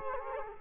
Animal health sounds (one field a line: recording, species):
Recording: mosquito wingbeat signal from an infrared sensor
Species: Culex quinquefasciatus